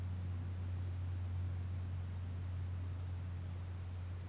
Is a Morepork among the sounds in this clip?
no